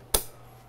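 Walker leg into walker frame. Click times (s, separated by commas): 0.1 s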